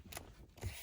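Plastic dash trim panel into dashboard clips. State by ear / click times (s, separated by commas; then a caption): not seated / none. A plastic dash trim panel on a 2018 Jeep Grand Cherokee SRT is handled after a dash cam cord has been routed, ready to be snapped back into its dashboard clips. There is a brief sharp scrape at 0.2 s, then low rustling and handling noise with a louder bump near 0.7 s. Nothing has seated or clicked yet.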